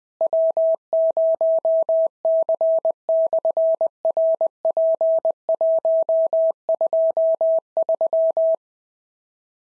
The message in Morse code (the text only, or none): W0C/RP123